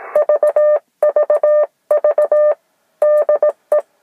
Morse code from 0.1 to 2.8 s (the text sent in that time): VVV